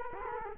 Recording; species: mosquito wingbeat signal from an infrared sensor; Culex quinquefasciatus